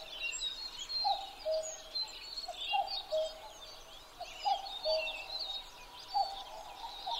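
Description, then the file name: Common cuckoo calling a two-note cu-coo, high then lower, repeated about every one and a half seconds under a busy chorus of high chirping and twittering birds. Recorded 12 June 2011 at 03:53. "kakkou-20110612-0353"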